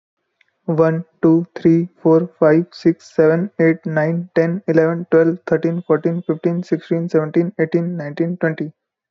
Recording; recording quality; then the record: counting at a fast pace; moderate, slight background noise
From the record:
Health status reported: respiratory illness, not identified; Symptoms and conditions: asthma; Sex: male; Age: 21 years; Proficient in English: yes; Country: India